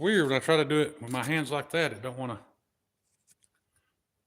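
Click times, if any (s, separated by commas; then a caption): 3.4 s. Someone talks for the first two and a half seconds, then after a short quiet a knife blade is pushed into its fitted sheath. Faint small clicks lead into a sharp snap at 3.4 s as the blade seats in the sheath's retention, holding firmly with no rattle and not shaking off.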